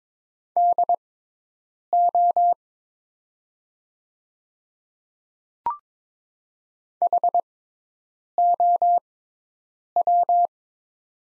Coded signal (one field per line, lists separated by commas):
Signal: Morse code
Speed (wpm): 22 wpm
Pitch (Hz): 700 Hz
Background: none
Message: DO HOW